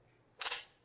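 Pressing the release tab on a Ninja blender pitcher lid makes the plastic lock handle spring up with a sharp, bright click at 0.4 s, followed by a short ringing tail that fades over about a quarter second. The handle is released.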